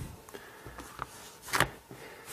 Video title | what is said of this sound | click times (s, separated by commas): Google Nexus 7 Cover Review | So it just pops into place, just snap it around the edge. | 1.0 s, 1.6 s